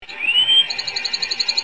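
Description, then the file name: Bewick's wren call, a thin rising whistle followed by a rapid series of short, even high notes. Recorded at night. "XBEWR"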